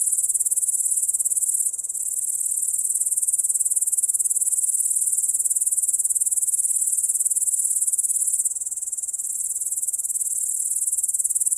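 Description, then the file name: Cricket chorus of dense, high-pitched pulsing chirps that run without a break, dipping briefly twice in loudness before resuming at full strength. "freesound swierszcze"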